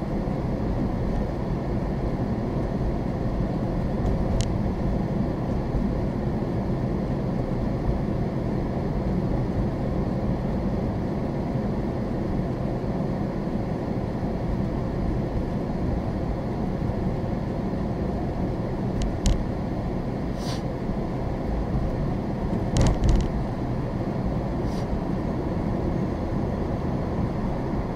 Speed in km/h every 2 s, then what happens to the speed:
37, 40, 39, 40, 42, 40, 39, 37, 35, 32, 34, 32, 35, 37.
0-9 steady at about 40. 9-19 slows to 32.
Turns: none.